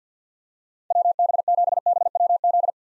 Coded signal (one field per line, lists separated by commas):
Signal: Morse code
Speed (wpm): 50 wpm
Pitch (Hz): 700 Hz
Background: none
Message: WB7BWZ